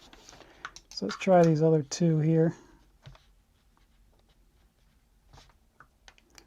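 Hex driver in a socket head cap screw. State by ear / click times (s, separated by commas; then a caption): stripped / 5.8 s, 6.1 s, 6.2 s, 6.4 s. Someone talks, then a ball-end hex driver tries to loosen a 5/64 socket head cap screw on a piece of surplus metal military hardware. The key slips in the socket with sharp clicks at 5.8, 6.1, 6.2 and 6.4 seconds. The screw head is stripped out.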